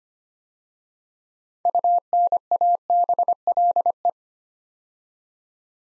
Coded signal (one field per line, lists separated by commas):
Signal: Morse code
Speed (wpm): 25 wpm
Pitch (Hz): 700 Hz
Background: none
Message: UNABLE